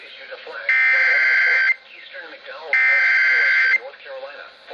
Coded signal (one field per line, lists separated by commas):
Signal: Emergency Alert System (SAME) tones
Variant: header bursts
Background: speech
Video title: THE WRATH OF BUNCHA FLUDDZ... EAS Alerts from 5/18/18 - 5/19/18 (EAS #1,028 - 1,069)